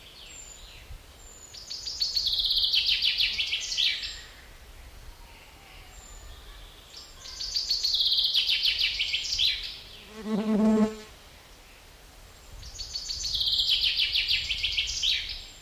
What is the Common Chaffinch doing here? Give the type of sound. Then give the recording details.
song. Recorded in the wild. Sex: male. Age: adult. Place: Mühlenbecker See, Brandenburg, DE. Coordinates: 52.7, 13.4. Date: 1988-07-10 12:08. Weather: overcast, 17-20°C, winds. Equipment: Sony WM-D6C, Kopie Tesla B 116. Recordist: Tembrock, Günter. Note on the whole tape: Mühlenbecker See. mehrmals mit Doppel-"kick" endend